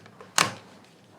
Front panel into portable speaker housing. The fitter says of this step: Finally, just click sound will come. We have to press like this.